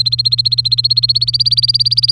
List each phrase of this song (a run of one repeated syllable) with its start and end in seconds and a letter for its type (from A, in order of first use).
0.00-2.11 A